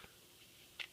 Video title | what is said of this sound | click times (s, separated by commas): Traxxas Slash 4x4 - how to convert to LCG detailed level 1 upgrade | till it snaps in place like it just did | 0.8 s